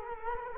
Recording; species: mosquito wingbeat signal from an infrared sensor; Culex quinquefasciatus